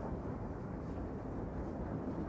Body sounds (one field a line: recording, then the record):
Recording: background sound without coughing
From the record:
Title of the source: Train Ride Ambience ambient white noise for sleeping, focus, studying, reading